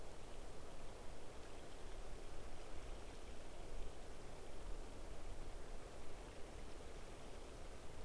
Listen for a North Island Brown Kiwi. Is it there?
no